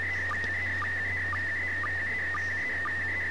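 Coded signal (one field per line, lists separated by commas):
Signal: SSTV (slow-scan television)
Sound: warbling tone around 2 kHz with short low blips about twice a second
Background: low hum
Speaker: if someone else was listening to me transmit this this is what they would see now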